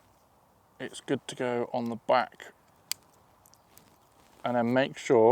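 Someone talks while a DJI Osmo Pocket 3 handheld gimbal camera is handled at its rigging mount on the back of a car. A single sharp tap sounds at about 2.9 s, followed by a few faint ticks. Nothing has seated yet, and the mount's latches have not clicked into place.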